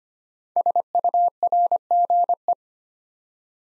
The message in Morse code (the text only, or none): SURGE